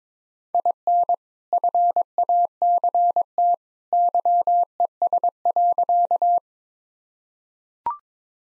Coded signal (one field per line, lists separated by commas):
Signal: Morse code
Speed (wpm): 21 wpm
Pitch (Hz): 700 Hz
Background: none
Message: IN FACT YES.